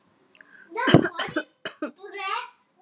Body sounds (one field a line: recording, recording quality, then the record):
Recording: shallow voluntary cough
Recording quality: moderate, slight background noise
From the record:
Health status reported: exposed to COVID-19, no respiratory illness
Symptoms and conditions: none ticked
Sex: female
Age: 38 years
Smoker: not ticked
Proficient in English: yes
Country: India